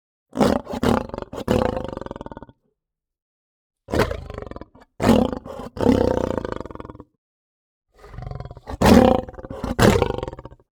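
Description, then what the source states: Lion snarls, harsh and raspy, coming in several bursts of growling pulses separated by short silences. Aggressive snarling from more than one lion.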